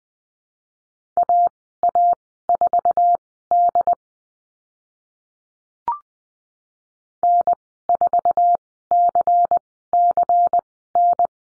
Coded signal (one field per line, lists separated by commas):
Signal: Morse code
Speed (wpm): 20 wpm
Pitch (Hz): 700 Hz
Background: none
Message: AA4D N4CCN